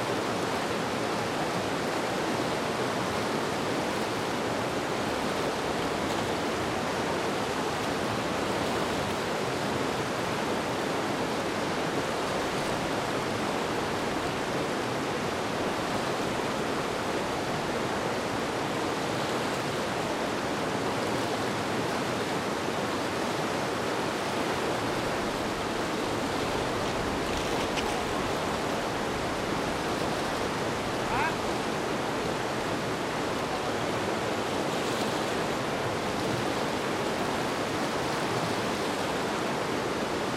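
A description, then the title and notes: A small brook runs steadily for the whole stretch, a dense, even rush of water with no pauses. The sound is full, weighted toward the middle and upper range, with a faint brief higher tick just after the thirty-second mark. Huangmiao City Brook. 2016年在绵阳市平武县大印镇皇庙村采茶，用Fostex FR-2le录音机和Studio Projects c4话筒录下一段溪流声. I used a Fostex Fr-2le and a Studio Projects C4 microphone to record the sound of a small brook.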